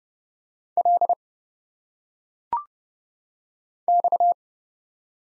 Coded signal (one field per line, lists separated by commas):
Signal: Morse code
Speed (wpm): 30 wpm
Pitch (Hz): 700 Hz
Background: none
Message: L X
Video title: Single Letters - Phonetic Pronunciation - 30wpm